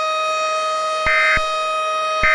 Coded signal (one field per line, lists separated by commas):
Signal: Emergency Alert System (SAME) tones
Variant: end-of-message bursts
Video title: EAS Scenario: The Marathon Fire